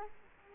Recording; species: mosquito wingbeat signal from an infrared sensor; Culex quinquefasciatus